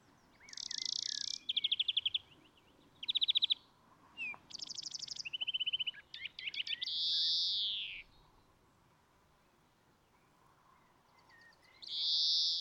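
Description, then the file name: European greenfinch song: long wheezy buzzes alternating with rapid trilled rattles and twittering notes, with quiet pauses between phrases. "Chloris chloris"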